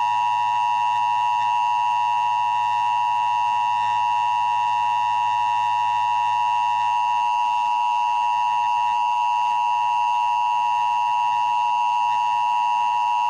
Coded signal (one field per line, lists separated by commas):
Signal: Emergency Alert System (SAME) tones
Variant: 853 and 960 Hz attention tone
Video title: The Evolution of the Emergency Broadcast System (E.B.S.)